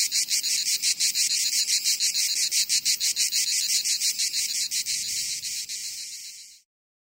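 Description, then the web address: Cicada song: a shrill, pulsing buzz that holds steady at high pitch for over six seconds, then cuts off abruptly into silence. "Melina. Hxoi Zwa Tzitzikia"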